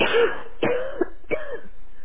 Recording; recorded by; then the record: voluntary cough; telephone call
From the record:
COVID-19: positive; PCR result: self-reported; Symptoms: yes